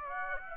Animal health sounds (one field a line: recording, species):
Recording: mosquito wingbeat signal from an infrared sensor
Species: Aedes aegypti